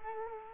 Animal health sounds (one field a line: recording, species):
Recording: mosquito wingbeat signal from an infrared sensor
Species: Culex quinquefasciatus